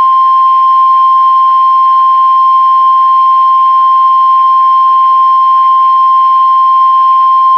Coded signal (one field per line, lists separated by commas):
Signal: Emergency Alert System (SAME) tones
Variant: 1050 Hz attention tone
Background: speech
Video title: EAS Alert #206-214